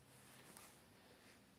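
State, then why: Seated. A phone is pushed down into an e-bike's handlebar phone holder, and the clamp locks it in place. Over a steady low background, a single sharp click sounds at 0.6 s as the phone seats.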